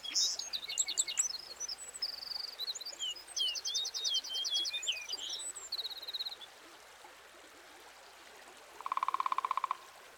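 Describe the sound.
Birds chirping and trilling with quick, high notes and short rattling phrases, followed near the end by a brief buzzy pulsed sound over steady background hiss.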